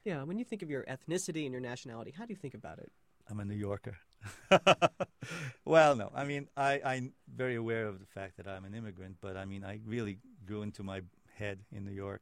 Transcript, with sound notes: When you think of your ethnicity and your nationality, how do you think about it?
I'm a New Yorker! [Laughs] Well, no. I mean, I, I'm very aware of the fact that I'm an immigrant. But I mean, I really grew into my head in New York.